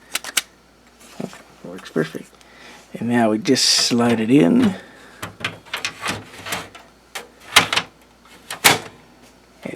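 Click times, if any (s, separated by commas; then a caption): 8.7 s. An LS-120 Superdisk floppy-style drive is slid into the drive bay of a desktop PC. Someone talks over handling clicks and sliding scrapes, and a sharp snap at 8.7 s marks the drive latching into place, seated in the bay.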